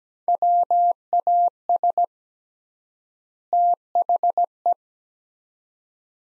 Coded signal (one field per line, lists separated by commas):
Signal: Morse code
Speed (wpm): 17 wpm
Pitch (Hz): 700 Hz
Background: none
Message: WAS THE